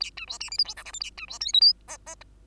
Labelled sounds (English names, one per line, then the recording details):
Bengalese Finch song
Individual Bird2